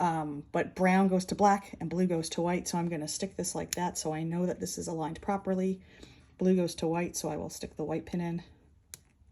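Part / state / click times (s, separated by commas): crimped wire pin into power connector housing / seated / 8.9 s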